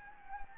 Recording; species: mosquito wingbeat signal from an infrared sensor; Anopheles gambiae